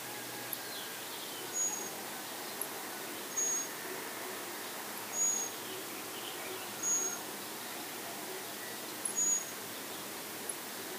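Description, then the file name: Common blackbird uttering high, thin, level seee notes, five spaced about every one and a half to two seconds, with faint tiny ticks and steady hiss in the background. "Turdus merula"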